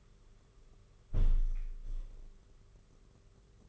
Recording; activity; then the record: daily activity, microphone in the room; close window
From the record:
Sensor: 4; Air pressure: 991.2 hPa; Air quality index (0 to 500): 153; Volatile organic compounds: 105 ppm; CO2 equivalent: 3789 ppm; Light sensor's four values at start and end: 6/15/5/6 and 6/14/5/6